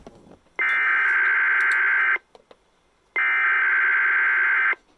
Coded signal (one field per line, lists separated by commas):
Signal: Emergency Alert System (SAME) tones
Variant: header bursts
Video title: EAS 3101-3103 KDKA RWT